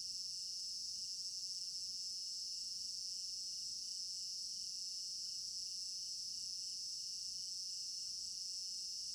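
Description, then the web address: Steady shrill cricket chorus, layered high trills with a quieter pulsing line below, otherwise calm. Crickets in an African village garden at night; stereo binaural recording. "African-Village Garden Night Crickets Stereo-Binaural. immersive sound library"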